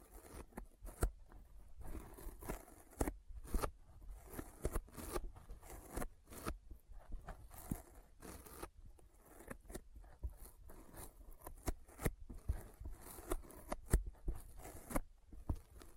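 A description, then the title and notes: Sticky fingers tapping and pulling apart make a dense run of short, sharp clicks and smacks that continue throughout, irregular and fast with brief pauses. Some pops are louder and brighter, especially near the middle and end, over a low rumbling undertone. ASMR Intense Sticky Finger Sounds (No Talking).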